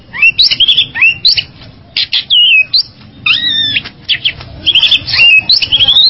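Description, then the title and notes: Bali myna song of abrupt, looping whistled phrases and scratchy notes, separated by short gaps. "Jalak Bali 2. Kicau Burung Jalak"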